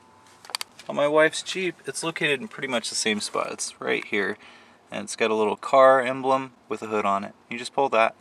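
An interior hood release handle on a pickup truck is pulled, and the hood latch releases with short, sharp clacks at about 0.6 s and 0.6 s. After that, someone talks for the rest of the clip.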